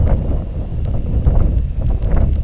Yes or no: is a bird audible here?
no